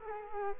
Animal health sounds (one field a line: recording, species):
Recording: mosquito wingbeat signal from an infrared sensor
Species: Culex quinquefasciatus